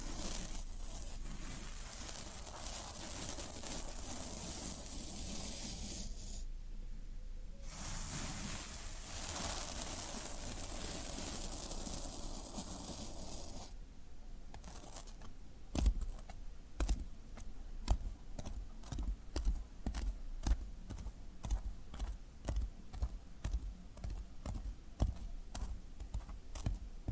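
Floral foam being handled: for the first fourteen seconds a dense, steady crumbling hiss, broken by a brief quiet moment near the six-second mark. After that it changes to sharp, bright clicks and snaps, coming quickly and fairly regularly, two or three each second.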